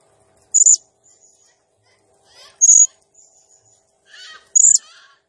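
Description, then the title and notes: Blue-crowned hanging parrot calls: three shrill, very high squeaky notes about two seconds apart, with fainter buzzy chatter between them. Singing energetically (gacor, nembak style); recording used as masteran (training sound) and lure for birds, said to stir up all birds. "Burung Serindit Nembak Gacor Bikin Emosi Semua Burung. Suara Nasteran Dan Pemikat Burung Serinditan Gacor"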